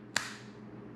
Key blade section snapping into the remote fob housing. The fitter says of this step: it snaps back into place and here you have your remote new battery replacement